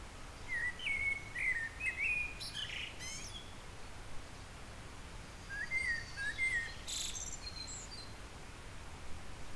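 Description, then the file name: Eurasian blackbird song: two fluty warbled phrases, each ending in a high, squeaky twitter, separated by a pause, over a faint steady background hiss. "Turdus merula"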